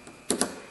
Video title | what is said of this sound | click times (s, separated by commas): Engine cranks but won't start | one just pushes right in here, and you'll hear it snap. | 0.3 s, 0.4 s